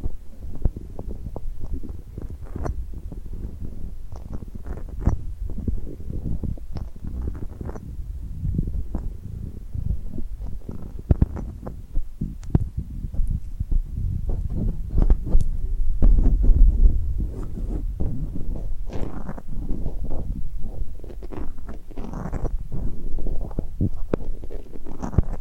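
Sticky, tacky hand sounds: dense, irregular crackles and peels as glued palms press together and pull apart, with sharp snaps scattered throughout. A low rumbling bed runs underneath, swelling a little louder around the middle and again near the end.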